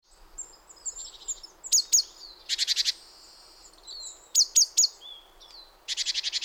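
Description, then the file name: Great tit calls: short sharp high notes in twos and threes alternating with fast buzzy rattling bursts and a few thin whistled notes. "Parus major"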